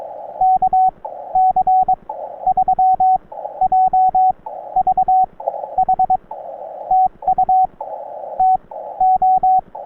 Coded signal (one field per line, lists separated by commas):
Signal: Morse code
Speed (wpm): 16 wpm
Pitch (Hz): 740 Hz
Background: radio noise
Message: KC3JVH TU TO